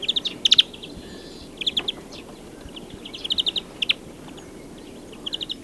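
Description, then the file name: European greenfinch with fast runs of bright chipping notes, a dense burst at the start, then scattered short series, over faint background noise. "Chloris chloris"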